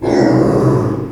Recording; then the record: squeal of a Yucatan mini pig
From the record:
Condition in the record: before surgery on the right vocal fold (resection and tissue-engineered implant); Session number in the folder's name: 1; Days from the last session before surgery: -3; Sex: male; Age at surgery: 12 weeks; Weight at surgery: 13 kg